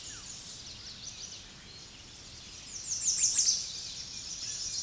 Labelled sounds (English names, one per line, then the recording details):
American Redstart song
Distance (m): 15 m
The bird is about 5 m above the microphone
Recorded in a Pennsylvania forest on 16 May 2024 at 07:40
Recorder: AudioMoth, point MSD-2027
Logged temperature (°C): 15.6 °C
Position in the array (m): 115 m, 230 m